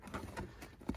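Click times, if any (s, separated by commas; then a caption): none. A Husky rubber molded floor liner in a Toyota 4Runner is handled with one hand over the floor retention post, producing soft, low handling rustles and dull bumps, with two brief knocks near 0.9 and 1.0 seconds. The liner has not seated or clicked onto the post yet.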